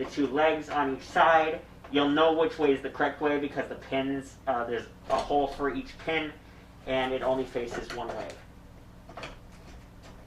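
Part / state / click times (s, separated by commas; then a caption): hip piece pushed onto the leg pins of an animatronic prop / not seated / none. Someone talks while handling the plastic hip piece of an animatronic clown prop, lining it up to be pushed onto the pins of both legs, with a hole for each pin so it fits only one way. Speech fills most of the clip, followed by a quieter stretch with faint handling sounds, including a small bump around 9.1 seconds. The piece has not seated or clicked onto the leg pins yet.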